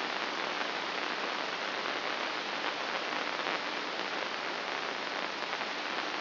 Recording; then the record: brain microelectrode recording played as sound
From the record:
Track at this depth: inside the subthalamic nucleus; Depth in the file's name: 4.585 mm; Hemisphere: left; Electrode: 2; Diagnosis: Parkinson's disease